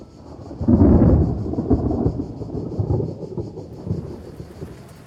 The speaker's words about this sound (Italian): Dopo la lunga mattinata di caldo soffocante, finalmente è arrivata la pioggia.